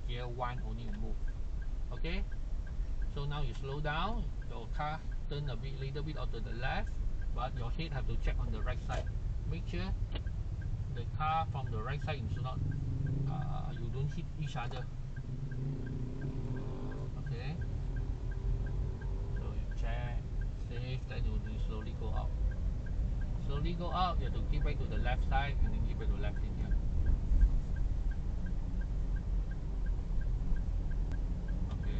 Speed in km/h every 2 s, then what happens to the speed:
6, 7, 4, 6, 9, 5, 3, 0, 0, 10, 14, 19, 24, 26, 28, 28.
0-9 steady at about 6. 9-13 slows to 0. 13-17 standing. 17-32 pulls away to 28.